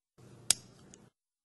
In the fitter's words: press the orange knob of the automatic lanet until it clicks into the casing